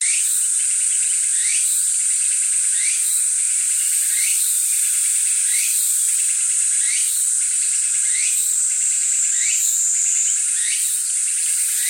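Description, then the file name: Tsukutsukuboshi cicada song, fast rhythmic pulses and upswept chirps repeated steadily throughout over a dense, continuous high insect hum. Recorded 15 July 2015. "tukutukubousi 150715"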